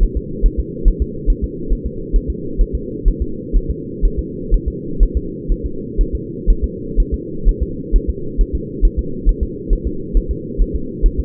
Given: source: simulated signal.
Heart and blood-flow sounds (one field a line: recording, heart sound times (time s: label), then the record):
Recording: fetal heart sounds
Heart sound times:
0.03 s: S1
0.17 s: S2
0.46 s: S1
0.60 s: S2
0.88 s: S1
1.02 s: S2
1.30 s: S1
1.44 s: S2
1.73 s: S1
1.86 s: S2
2.16 s: S1
2.30 s: S2
2.61 s: S1
2.75 s: S2
3.08 s: S1
3.22 s: S2
3.56 s: S1
3.70 s: S2
4.05 s: S1
4.19 s: S2
4.54 s: S1
4.68 s: S2
5.03 s: S1
5.17 s: S2
5.52 s: S1
5.66 s: S2
6.01 s: S1
6.15 s: S2
6.50 s: S1
6.64 s: S2
7.00 s: S1
7.14 s: S2
7.49 s: S1
7.62 s: S2
7.96 s: S1
8.10 s: S2
8.41 s: S1
8.55 s: S2
8.85 s: S1
8.99 s: S2
9.29 s: S1
9.43 s: S2
9.73 s: S1
9.87 s: S2
10.17 s: S1
10.31 s: S2
10.62 s: S1
10.76 s: S2
11.06 s: S1
11.20 s: S2
From the record:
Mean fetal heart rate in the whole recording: 130 bpm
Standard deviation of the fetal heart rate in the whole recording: 4 bpm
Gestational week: 38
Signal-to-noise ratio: -4.3 dB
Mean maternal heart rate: 72 bpm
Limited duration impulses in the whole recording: absent